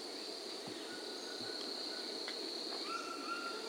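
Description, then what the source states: Undulated tinamou gives soft pure whistles, the last rising slightly near its end, over a steady shrill insect hum with a few faint clicks. South America.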